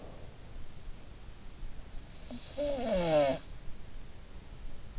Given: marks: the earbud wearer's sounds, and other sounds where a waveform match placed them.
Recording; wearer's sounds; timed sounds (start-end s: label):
sounds in sleep by an in-ear microphone; snoring breath
1.95-4.07 s: snoring breath